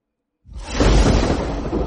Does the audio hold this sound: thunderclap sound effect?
yes